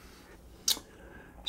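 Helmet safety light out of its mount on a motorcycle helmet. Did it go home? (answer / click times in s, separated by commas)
released / 0.7 s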